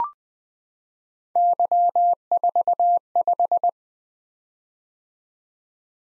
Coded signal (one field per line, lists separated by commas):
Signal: Morse code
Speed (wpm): 20 wpm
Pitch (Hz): 700 Hz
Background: none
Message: Y45